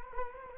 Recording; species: mosquito wingbeat signal from an infrared sensor; Culex quinquefasciatus